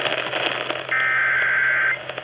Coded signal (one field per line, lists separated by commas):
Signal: Emergency Alert System (SAME) tones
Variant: header bursts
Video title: I SAY DAVIDSON MONDAY NIGHT SEVERE T' STORMS SOUTHEASTERN TX EAS Alerts from 5/8/23 (EAS#240 & #260)